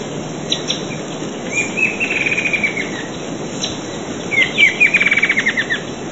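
Bird song: two short trilled phrases of rapid, even notes, the second brighter and falling slightly at the end, over a constant hiss with faint chirps between.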